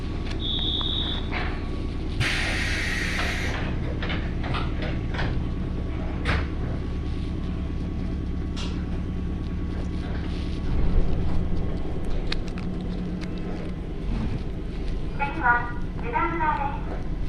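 A ride on the Ibara Railway, with a steady low rumble of the train running throughout. A short beep sounds at the start, then a hissing burst around two seconds, scattered clicks and knocks, and a warbling chime-like tone near the end.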